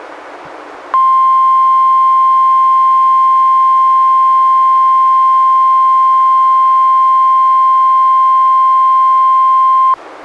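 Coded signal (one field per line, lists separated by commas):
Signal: Emergency Alert System (SAME) tones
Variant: 1050 Hz attention tone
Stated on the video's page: NOAA Weather Radio Required Weekly Tests relayed by NWR station in Astoria, recorded from a Reecom R-1630 weather radio through a Zoom H1 recorder.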